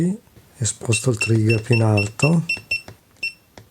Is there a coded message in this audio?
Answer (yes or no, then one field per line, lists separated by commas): no